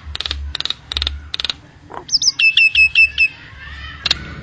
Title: Jalak Nias